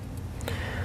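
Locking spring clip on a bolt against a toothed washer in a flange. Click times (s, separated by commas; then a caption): 0.4 s, 0.5 s. A bolt fitted with a locking spring clip is tightened into a header flange with the clip engaged, so the clip ratchets over the teeth of a toothed washer. Two short, sharp clicks sound at 0.4 s and 0.5 s over a steady low hum. The bolt is seated and held captive by the spring clip.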